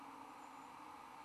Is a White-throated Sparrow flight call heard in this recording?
no